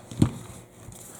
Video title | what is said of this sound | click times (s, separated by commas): CAA USA MCK Accessories Notes - MCKFL light and MCKPBS QD sling swivel | know installing the gun into the mck is extremely simple click until it clicks | 0.2 s